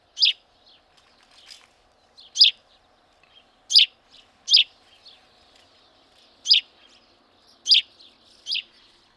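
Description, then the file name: House sparrow calls: loud, harsh chirps at irregular intervals, with softer chirps between them and a faint steady hum beneath. "Passer domesticus"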